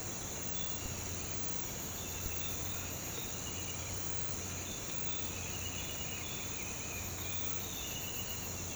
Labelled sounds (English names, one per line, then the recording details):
none
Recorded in pastures near Puerto Asís, Putumayo, Colombia, on 19 March 2025 at 06:00
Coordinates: 0.472, -76.329
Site G074